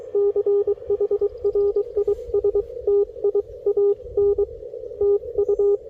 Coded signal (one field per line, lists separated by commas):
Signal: Morse code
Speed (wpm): 25 wpm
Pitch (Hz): 410 Hz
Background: radio noise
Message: CHRISTIAN TU